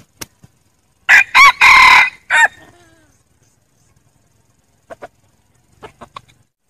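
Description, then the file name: Red junglefowl giving one harsh crow in four parts, short, short, long, short, with faint clucking notes later. Wild rooster crowing to call hens. "tieng ga trong rung gay goi ga"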